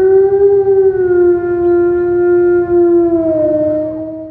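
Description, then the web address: Wolf howling: one long, clear, tonal howl held steady for several seconds, then sliding slowly lower and fading toward the end. "MOBICLIC. WOLVES"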